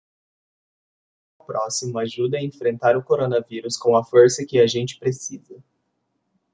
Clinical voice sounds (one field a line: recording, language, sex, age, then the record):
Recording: spoken sentence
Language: Brazilian Portuguese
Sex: male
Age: 20 to 29 years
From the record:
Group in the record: control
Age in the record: 24 years